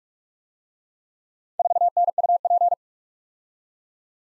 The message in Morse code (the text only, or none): 4NUP